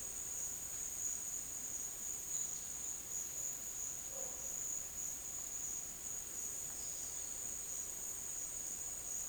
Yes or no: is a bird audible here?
no